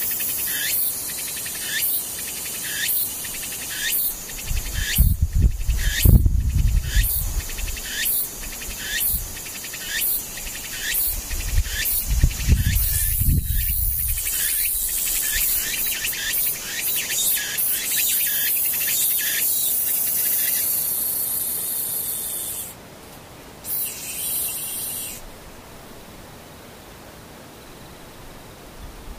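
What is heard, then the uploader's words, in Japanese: A tsukutsukuboshi cicada calls in fast, regular bright pulses, with two low rumbles near 6 and 13 seconds, then fades into steady insect hiss. ツクツクホーシからムシ。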